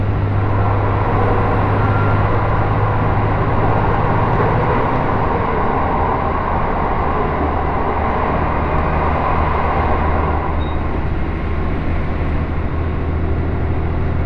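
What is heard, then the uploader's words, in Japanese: A local train on the Takayama Main Line runs between Jōro and Shimoaburai, its rumble steady and dense throughout. A deep engine drone shifts pitch around five seconds and again near ten, and a thin high whine fades out early on. 高山本線普通 上呂→下油井。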